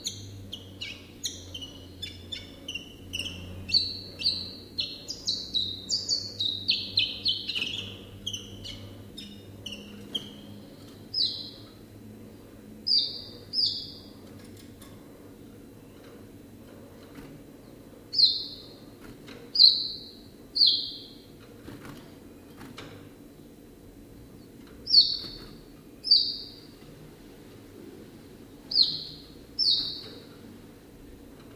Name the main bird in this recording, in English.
Common Chiffchaff